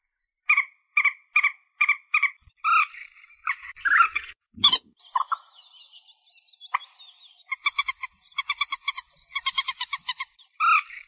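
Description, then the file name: White-breasted waterhen croaking: a steady series of five nasal, harmonic notes, followed by a loud abrupt burst and rapid chattering croak bursts. "Tieng cuoc bien cuoc moc trich re chim den"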